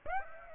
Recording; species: mosquito wingbeat signal from an infrared sensor; Aedes aegypti